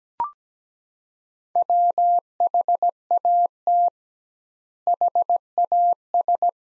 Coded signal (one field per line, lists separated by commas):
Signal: Morse code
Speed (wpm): 17 wpm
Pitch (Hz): 700 Hz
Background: none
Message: WHAT HAS